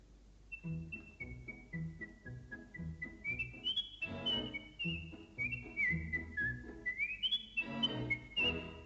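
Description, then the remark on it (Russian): A boy whistles a bright, high, birdlike melody, its notes sliding and stepping up and down in short phrases, carried steadily over a low, rhythmic musical backing for the whole stretch. “Слышите, какой свист? Прямо соловей.”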